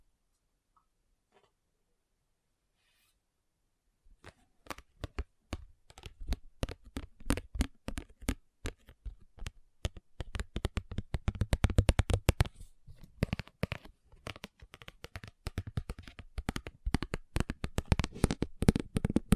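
Fast tapping begins after about four seconds of near silence with only a few faint ticks. The taps come in quick, dense bursts of sharp clicks, irregular in rhythm, growing busier and louder around the middle, with some deeper thuds mixed in.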